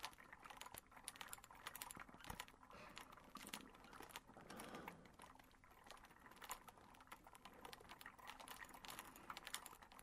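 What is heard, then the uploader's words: A leather coat rustles and creaks in a dense, unbroken stream of small clicks and ticks, fast and irregular from start to finish. Around the fourth and fifth seconds a soft, low, muffled rub swells briefly beneath the crackling. The gentle sounds of his leather coat and a beautiful land octopus.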